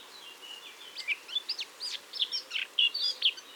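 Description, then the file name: Eurasian blackcap giving a rapid run of varied high chirps and short whistled notes, tumbling and slurred, over faint steady background hiss. "Sylvia atricapilla"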